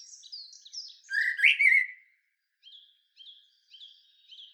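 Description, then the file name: Common blackbird song: thin high squeaky notes, then one louder warbled phrase, followed by faint high repeated chirps. "Turdus merula"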